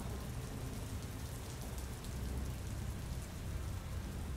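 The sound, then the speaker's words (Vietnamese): Heavy rain pours down in a steady, dense hiss, with a deep low rumble underneath and no voices, holding an even loudness throughout. “Trời bắt đầu đổ mưa tầm tã.”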